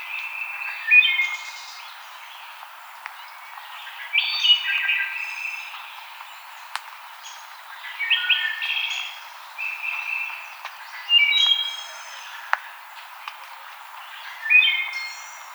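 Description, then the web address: Wood thrush giving varied flutelike song phrases, each a few rich whistled notes followed by a high, shimmering trill, phrases spaced about three seconds apart, with occasional faint clicks. Recorded 5 May 2007. "Wood Thrush 2007 05 05"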